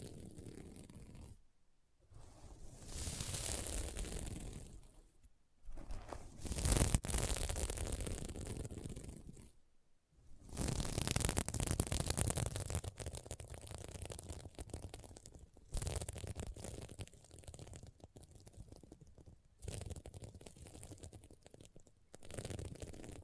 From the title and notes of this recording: ASMR Satisfying SequinMermaid Pillow Scratching Sounds (No Talking).